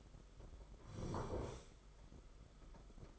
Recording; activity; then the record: daily activity, microphone in the room; sit down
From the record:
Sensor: 5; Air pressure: 991.8 hPa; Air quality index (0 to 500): 145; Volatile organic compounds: 144 ppm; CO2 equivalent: 3994 ppm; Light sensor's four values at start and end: 32/108/40/43 and 32/108/40/43